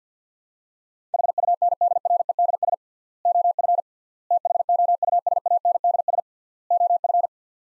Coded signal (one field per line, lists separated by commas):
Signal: Morse code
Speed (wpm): 50 wpm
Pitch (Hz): 700 Hz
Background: none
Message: HUNDREDS OF THOUSANDS OF